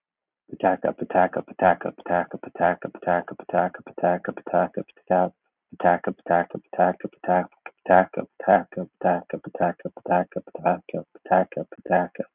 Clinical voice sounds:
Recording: repeated syllables /pa ta ka/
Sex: male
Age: 50 to 59 years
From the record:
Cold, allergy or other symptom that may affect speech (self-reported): no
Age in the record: 51 years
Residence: Florida, United States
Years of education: 16

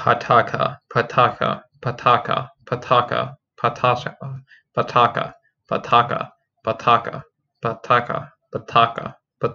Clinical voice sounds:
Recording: repeated syllables /pa ta ka/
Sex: male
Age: 20 to 29 years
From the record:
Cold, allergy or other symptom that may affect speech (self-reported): no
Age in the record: 23 years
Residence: New York, United States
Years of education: 17

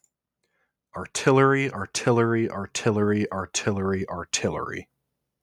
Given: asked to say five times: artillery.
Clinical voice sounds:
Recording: repeated word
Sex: male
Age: 20 to 29 years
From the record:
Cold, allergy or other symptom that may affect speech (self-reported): no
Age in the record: 24 years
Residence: New Jersey, United States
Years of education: 16

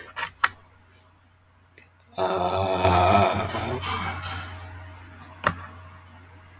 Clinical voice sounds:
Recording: vowel held as long as possible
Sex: male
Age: 40 to 49 years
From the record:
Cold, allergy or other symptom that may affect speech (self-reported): no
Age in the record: 43 years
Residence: California, United States

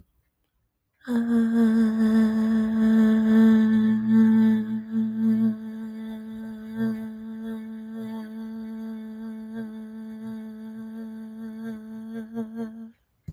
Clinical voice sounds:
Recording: vowel held as long as possible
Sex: female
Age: 20 to 29 years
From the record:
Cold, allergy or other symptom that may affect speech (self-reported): no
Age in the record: 28 years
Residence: Illinois, United States

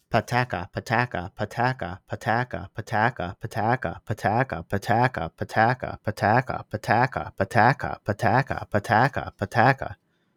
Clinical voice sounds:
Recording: repeated syllables /pa ta ka/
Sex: male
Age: 20 to 29 years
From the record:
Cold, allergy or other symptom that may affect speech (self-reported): no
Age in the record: 28 years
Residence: Pennsylvania, United States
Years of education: 18

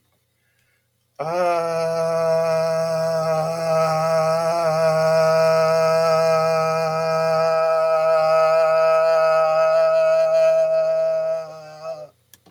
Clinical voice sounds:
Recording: vowel held as long as possible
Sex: male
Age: 40 to 49 years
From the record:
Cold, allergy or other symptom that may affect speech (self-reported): no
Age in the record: 40 years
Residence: Texas, United States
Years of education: 12

